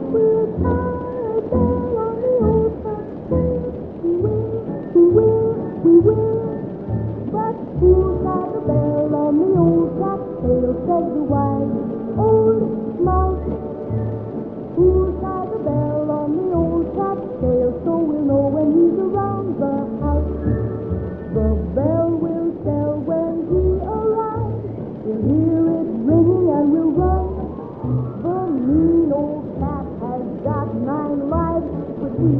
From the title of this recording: Halloween oldies playing in another room